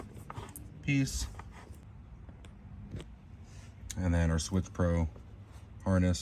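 A Switch-Pro SP9100 switch controller wiring harness and its plastic plug are handled under the hood of a 3rd gen Tacoma, ready to be pushed into the mating connector on the controller module. Someone talks while faint handling ticks are heard around 0.3, 0.6, 2.5 and 3.0 seconds. The plug has not clicked in or seated yet when the clip ends.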